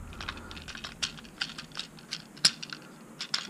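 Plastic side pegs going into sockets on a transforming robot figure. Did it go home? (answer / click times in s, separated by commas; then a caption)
no / none. Plastic side pegs on a transforming robot action figure are pushed toward their sockets during transformation, producing a series of small, sharp plastic clicks and rattles, the loudest near 2.5 s. Nothing has seated or clicked into place yet, so the side pegs fail to go in.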